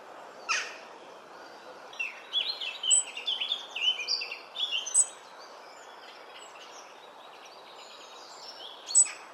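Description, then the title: Robin chirping: a burst of high, varied warbled and squeaky notes in the middle, with single sharp chirps near the start and end over a soft background hiss. "Robin Birds Chirping"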